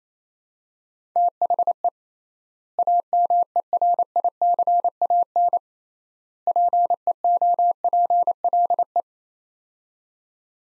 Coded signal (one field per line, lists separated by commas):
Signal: Morse code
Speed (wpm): 28 wpm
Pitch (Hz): 700 Hz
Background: none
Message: THE AMERICAN PEOPLE